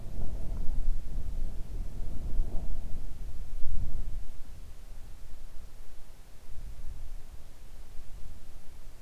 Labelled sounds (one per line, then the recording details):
wind
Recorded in the Arctic National Wildlife Refuge, Alaska, on 3 August 2019 at 05:01
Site 41